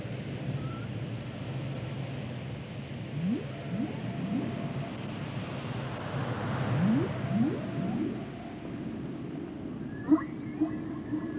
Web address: Natures Songs Whale Songs Whales and Dolphins